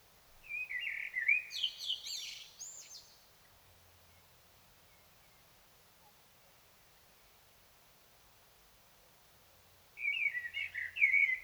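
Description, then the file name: Common blackbird song: a mellow warbled phrase with a high scratchy flourish, then a long silence, then another phrase begins. "Turdus merula"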